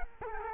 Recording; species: mosquito wingbeat signal from an infrared sensor; Culex quinquefasciatus